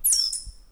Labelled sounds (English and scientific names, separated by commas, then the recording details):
Stitchbird (Notiomystis cincta) song
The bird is a male
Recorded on Tiritiri Matangi Island, New Zealand, in 2005
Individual 3, of nest box 3